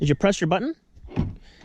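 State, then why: Released. Someone talks, then the rear hatch latch on a sports car clicks open with a brief mechanical sound at 1.2 s after the hatch release button is pressed. The hatch latch unlocks and is released.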